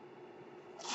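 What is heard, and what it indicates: Steady hum with faint hiss, then a sudden rush of airflow: a home mechanical ventilator, used by the man it belongs to, delivering a breath.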